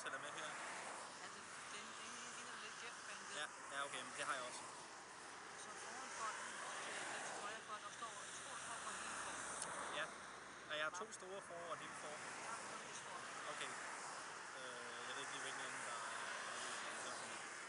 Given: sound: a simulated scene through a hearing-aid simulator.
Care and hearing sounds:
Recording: conversation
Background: traffic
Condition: -4 dB SNR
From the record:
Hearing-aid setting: IV (slow-acting compression, loudness normalization)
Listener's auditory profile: C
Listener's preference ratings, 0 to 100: 2, 1, 22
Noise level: 75 dB SPL

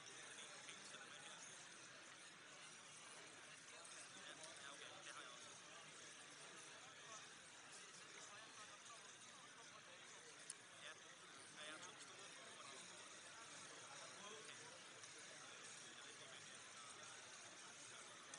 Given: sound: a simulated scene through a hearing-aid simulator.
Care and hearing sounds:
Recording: conversation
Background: cafeteria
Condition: -6 dB SNR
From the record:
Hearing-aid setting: anchor resembling a broken hearing aid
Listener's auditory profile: D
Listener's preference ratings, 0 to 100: 0, 10, 0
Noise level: 65 dB SPL

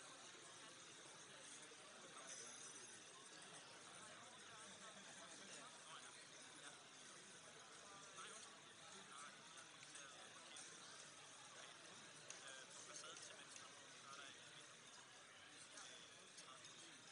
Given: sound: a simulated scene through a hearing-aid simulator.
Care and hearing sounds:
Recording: conversation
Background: cafeteria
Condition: -6 dB SNR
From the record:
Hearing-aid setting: anchor resembling a broken hearing aid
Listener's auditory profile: A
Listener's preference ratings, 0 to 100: 1, 0, 1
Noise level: 65 dB SPL

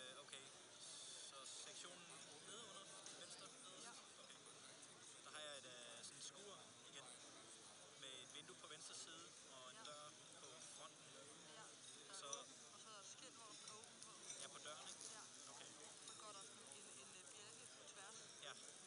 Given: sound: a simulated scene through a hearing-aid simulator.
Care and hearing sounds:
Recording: conversation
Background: cafeteria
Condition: 0 dB SNR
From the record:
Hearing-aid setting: I (fast-acting compression, audibility-based gain)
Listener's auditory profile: D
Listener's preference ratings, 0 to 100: 52, 56, 80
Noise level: 65 dB SPL

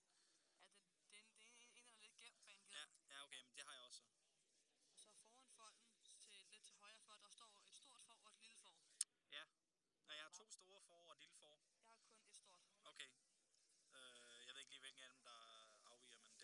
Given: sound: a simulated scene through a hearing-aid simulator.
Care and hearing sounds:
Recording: conversation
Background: quiet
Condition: 55 dB SPL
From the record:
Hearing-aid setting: III (slow-acting compression, loudness normalization, advanced features for about 2.5 dB of SNR improvement)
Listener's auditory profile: A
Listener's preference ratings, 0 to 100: 84, 73, 74

